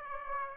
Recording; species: mosquito wingbeat signal from an infrared sensor; Aedes aegypti